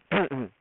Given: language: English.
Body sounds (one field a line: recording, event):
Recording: throat vibration sensor signal played as sound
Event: throat clearing